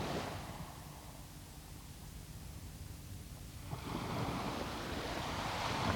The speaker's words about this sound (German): Das Meer ist in jedem Film laut.